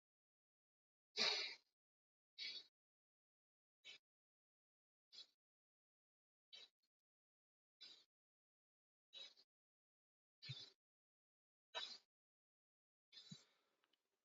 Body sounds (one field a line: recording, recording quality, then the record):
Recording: deep breathing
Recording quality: excellent, no background noise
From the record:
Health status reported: healthy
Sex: male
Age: 29 years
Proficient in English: yes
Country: India